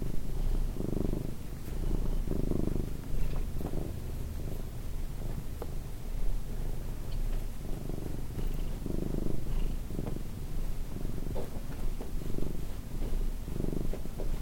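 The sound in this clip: Cat purring, a low buzzing rumble swelling in repeated breath pulses, with faint ticking noises.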